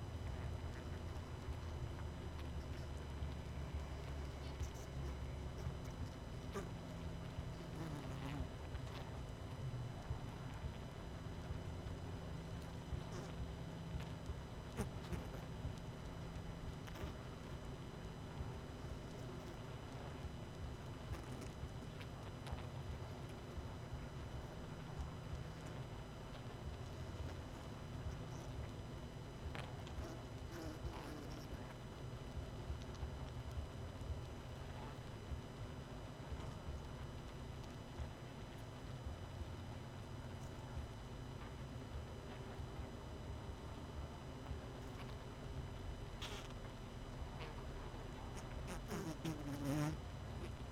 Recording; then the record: honeybee colony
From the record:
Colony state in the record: missing queen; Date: 31 May 2018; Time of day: 20:17